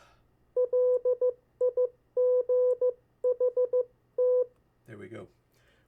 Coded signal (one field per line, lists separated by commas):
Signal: Morse code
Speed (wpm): 15 wpm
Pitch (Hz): 500 Hz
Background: speech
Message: LIGHT